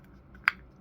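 The hinged plastic lid of an action figure's hover pod, an S.H.Figuarts Mandalorian The Child figure, is closed onto the pod. It gives one sharp click at 0.5 s as it snaps into place and seats shut. Two faint ticks come before it over a quiet background.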